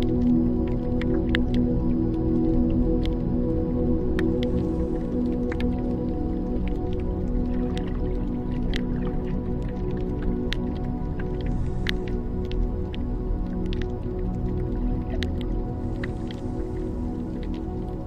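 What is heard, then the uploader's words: Flowing water keeps up a steady low rush with a droning hum, while sharp drips and squishy clicks pop out irregularly throughout. Flowing Water and Nature Soundscape Music.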